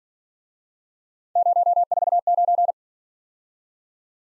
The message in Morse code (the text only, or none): 049